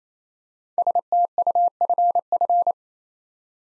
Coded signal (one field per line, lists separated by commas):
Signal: Morse code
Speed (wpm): 29 wpm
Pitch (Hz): 700 Hz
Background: none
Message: STUFF